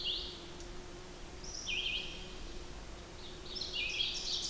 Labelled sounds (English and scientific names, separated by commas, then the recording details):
Red-eyed Vireo (Vireo olivaceus) song
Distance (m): 35 m
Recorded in boreal forest in Alberta, Canada, on 8 June 2016 at 07:57
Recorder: SongMeter 3, array SBT-3-9
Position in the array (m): 10 m, 113 m